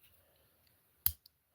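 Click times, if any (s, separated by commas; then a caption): 1.1 s. While a brass lock is being picked, the plug is turned so the double-lock bolt mechanism retracts, giving one sharp click at 1.1 s after near silence, then a fainter tick at 1.3 s. That sharp click shows the double-lock bolt has released and the double lock is off.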